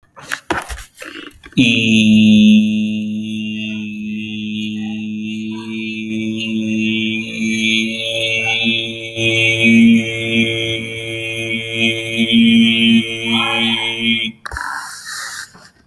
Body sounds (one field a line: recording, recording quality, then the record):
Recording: sustained vowel as in beet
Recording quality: excellent, no background noise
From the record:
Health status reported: healthy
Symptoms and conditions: none ticked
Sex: male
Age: 38 years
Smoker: not ticked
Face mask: not worn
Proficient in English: yes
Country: India